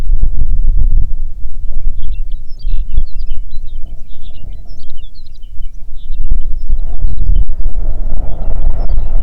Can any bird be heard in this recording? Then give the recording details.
yes. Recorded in the Prudhoe Bay oil fields, Alaska, on 6 June 2019 at 04:13. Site 16